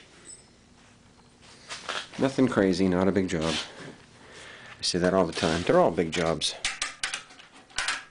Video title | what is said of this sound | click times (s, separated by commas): EVELYN #97- The E-Brake Cable Clamp & Fiero Handle | but it goes three clicks that high and it's locked | 6.8 s, 7.0 s, 7.8 s